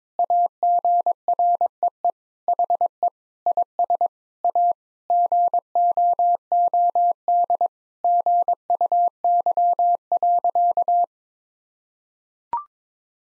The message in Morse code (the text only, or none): AGREE HE IS A GOOD GUY.